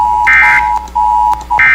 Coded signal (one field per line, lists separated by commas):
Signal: Emergency Alert System (SAME) tones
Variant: end-of-message bursts